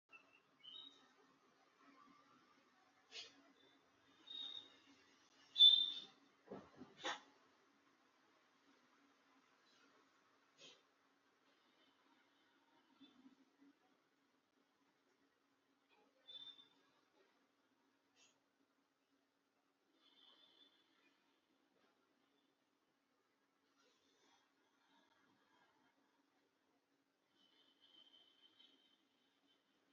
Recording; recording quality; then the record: deep breathing; moderate, slight background noise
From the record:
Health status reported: healthy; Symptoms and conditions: none ticked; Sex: male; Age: 60 years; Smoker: not ticked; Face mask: not worn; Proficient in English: yes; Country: India